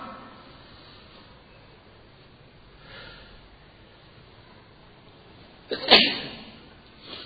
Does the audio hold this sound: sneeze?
yes